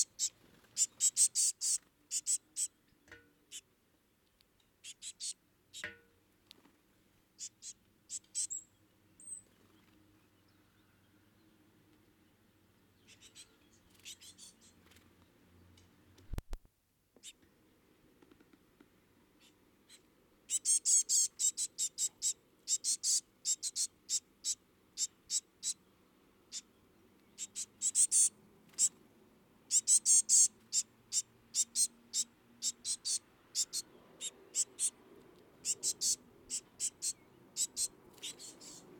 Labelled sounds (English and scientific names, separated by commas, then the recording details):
Great Tit (Parus major) call
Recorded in the wild
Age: juvenile
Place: Kaiserslautern, Rheinland-Pfalz, DE
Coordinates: 49.4372, 7.80972
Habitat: garden
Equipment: Nagra IV, Sennheiser MKH 405, Parabolreflektor
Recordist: Tretzel, Erwin
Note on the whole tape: Flüge junge Kohlmeisen "unserer Brut" am Futternapf auf Terrasse